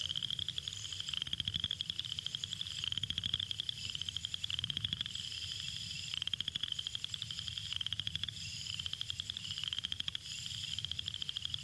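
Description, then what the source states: Southern chorus frog giving rasping trills of quick pulses, a continuous comb-like ratcheting with brief gaps between bouts. Males call from concealed positions; the call is like running a thumb slowly down the larger teeth of a comb.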